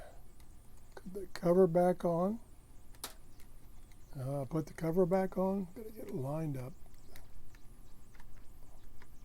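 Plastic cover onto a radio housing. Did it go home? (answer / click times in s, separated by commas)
yes / 9.0 s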